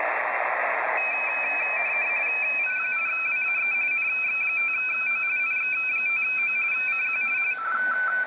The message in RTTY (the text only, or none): CQ WAE NX5O NX5O CQ